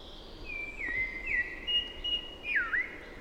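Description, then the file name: Common blackbird: a smooth, low fluted warble that dips and rises, with a faint high twitter behind it. "Turdus merula"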